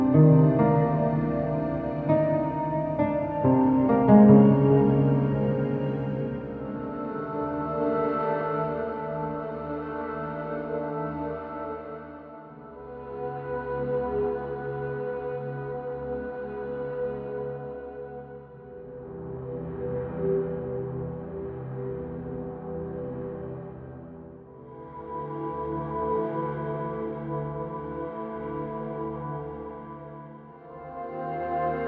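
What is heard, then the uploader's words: Save room ambience in the style of PS1 survival horror: slow, sustained tones hang and shift gradually, with ringing, bell-like layers over a low drone. Chords change every few seconds, swelling and fading, with a louder passage near the start. Save Room - PS1 Survival Horror Ambience.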